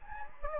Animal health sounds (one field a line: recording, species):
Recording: mosquito wingbeat signal from an infrared sensor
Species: Anopheles gambiae